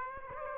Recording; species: mosquito wingbeat signal from an infrared sensor; Aedes aegypti